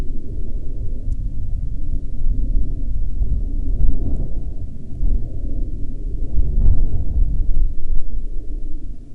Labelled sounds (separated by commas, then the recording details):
wind, aircraft
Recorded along the Dempster Highway, Canada, on 21 March 2020 at 13:59
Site 17